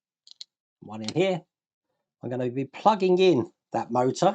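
Someone handles the small electric motor's lead, getting ready to plug it into the battery box connector on the plastic tail rotor assembly of a 1:24 AH-64 Apache Longbow model helicopter. Two short, sharp clicks come at about 0.3 and 0.4 s, then someone talks for the rest of the clip. The lead is not plugged in yet, and nothing has seated or clicked home.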